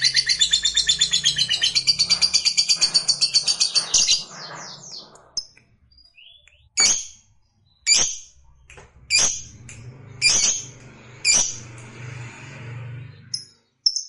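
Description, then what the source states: Lovebird chattering song: four seconds of rapid, high trilling, then loud, sharp chirps spaced about a second apart over a low hum. Fighter lovebird singing energetically (gacor).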